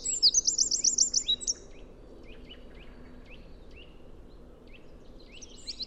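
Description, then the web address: Bird with a short high trill at the start, then several thin downslurred chirps, and another trill beginning at the end. "cianscape birddata Deverinetal 2025 File origin Bird Only"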